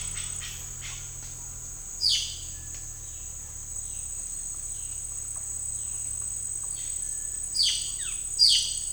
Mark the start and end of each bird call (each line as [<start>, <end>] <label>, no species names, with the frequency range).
[0.00, 1.00] bird call (1.0-6.0 kHz)
[1.96, 2.43] bird call (2.1-5.7 kHz)
[7.49, 8.76] bird call (1.9-5.8 kHz)